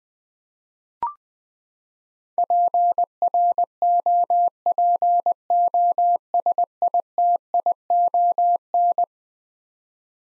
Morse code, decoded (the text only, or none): PROPOSITION